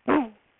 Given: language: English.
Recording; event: throat vibration sensor signal played as sound; throat clearing